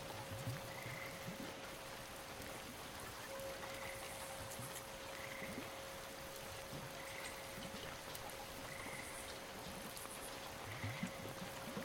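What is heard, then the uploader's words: Night sounds from woods and water: a steady, dense wash of trickling water runs throughout with a thin unbroken hum beneath it. Short mid-pitched calls, like a frog, repeat about every second and a half, with faint high chirps now and then. Night Sounds from the woods and water and other weird animals.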